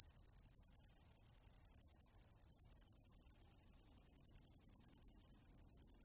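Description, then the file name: Great green bush-cricket singing a steady, very high rattling buzz of rapid pulses throughout, with a brief faint lower tone now and then. "la grande verte"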